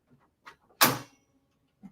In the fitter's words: I don't know if you can hear that, but it made like a little click sound.